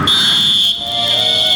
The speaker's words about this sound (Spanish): El pitazo del referí. Eso es la música.